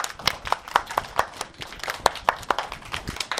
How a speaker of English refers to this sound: Clap for yourself, clap for yourself. Now give yourself a round of applause.